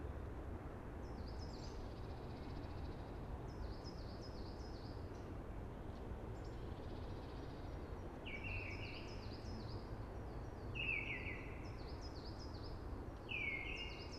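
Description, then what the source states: Eurasian blackbird gives three descending warbled phrases late on, with higher stepped notes throughout over steady hushing noise. Sung early, among conifers with a hushing sound.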